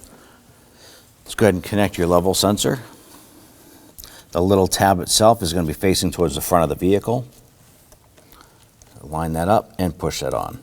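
Someone talks while the plastic brake fluid level sensor connector on a 2005–2009 Subaru Legacy is lined up with its tab facing the front of the vehicle, ready to be pushed onto the master cylinder reservoir sensor. Only small handling sounds are heard between about 7.9 and 8.8 seconds. The connector has not clicked into place yet.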